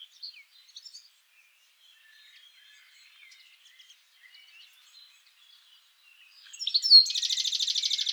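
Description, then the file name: European goldfinch: faint scattered twitters, then a loud, fast buzzy trill rattling steadily through the final second. "Carduelis carduelis"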